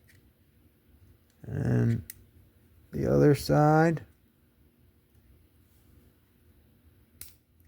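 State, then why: Seated. A retaining clip is refitted onto the plastic chassis of a Carrera BMW M1 Procar slot car, one side put in first and then the other side pressed down until it snaps in. Someone talks in two bursts, followed by quiet handling. A single sharp click at 7.2 s marks the clip seating in place.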